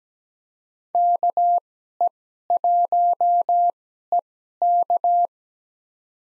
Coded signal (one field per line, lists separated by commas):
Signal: Morse code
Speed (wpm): 17 wpm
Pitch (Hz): 700 Hz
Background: none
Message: KE1EK